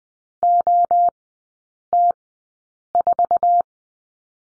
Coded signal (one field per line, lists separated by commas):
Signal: Morse code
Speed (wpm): 20 wpm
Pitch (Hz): 700 Hz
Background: none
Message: OT4